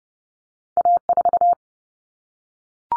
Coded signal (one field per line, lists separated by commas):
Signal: Morse code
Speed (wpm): 30 wpm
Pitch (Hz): 700 Hz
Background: none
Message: A4